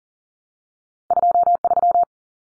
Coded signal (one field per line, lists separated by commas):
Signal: Morse code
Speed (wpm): 40 wpm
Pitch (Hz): 700 Hz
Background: none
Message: 23